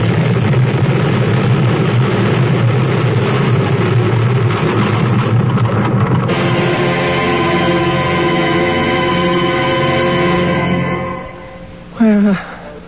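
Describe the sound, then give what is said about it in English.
A space jet's loud engine roars steadily as it flies high and spins toward Earth, then turns into a strained, droning whine of layered tones as the plane stalls in a dive, sputtering out and fading, followed by a brief wavering swoop. “takes off in her space jet, flies high, then spins to Earth. Her plane stalls.”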